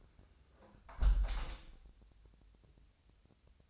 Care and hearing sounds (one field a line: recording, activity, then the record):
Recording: daily activity, microphone in the room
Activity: close window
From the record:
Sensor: 2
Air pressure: 1014.7 hPa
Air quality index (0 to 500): 72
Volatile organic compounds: 1 ppm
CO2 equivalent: 932 ppm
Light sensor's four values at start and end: 8/20/8/8 and 8/19/8/8